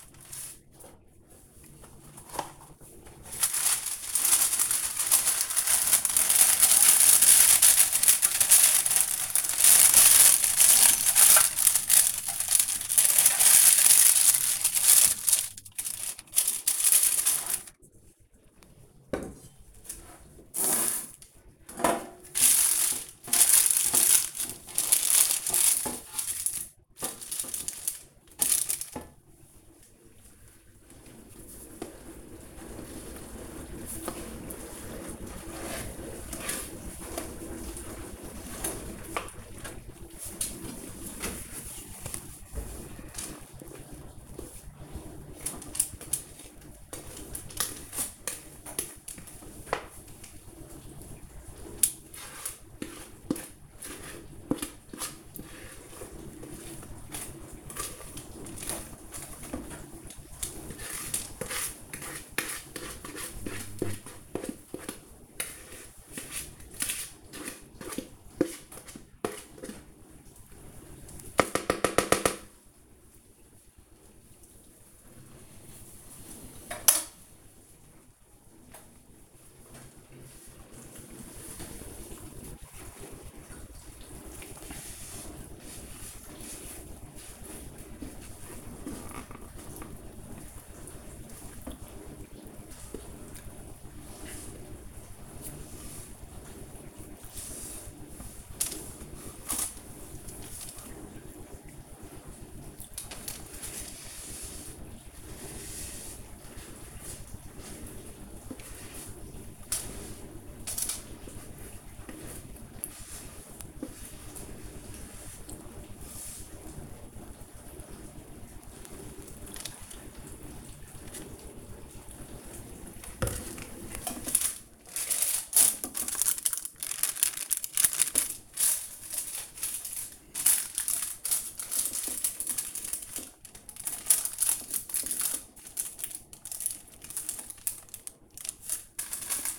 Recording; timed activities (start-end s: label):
household activities, microphone on the right wrist
0.00-85.67 s: baking
87.68-139.59 s: baking